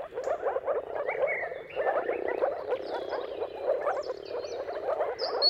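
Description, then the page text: Many moor frogs calling together, a rolling low bubbling wash that swells and dips, while birds whistle and chirp over the top. Moor frog mating calls at sunrise, turn of March and April, timing depending on weather; recorded by Jakub Orzecki. "Jakub-Orzecki moor frogs. Dawn’s Chorus: Mating Calls of Marsh Frogs at Sunrise. Depending on the weather at the turn of March and April, you can witness an amazing spectacle of moor frogs"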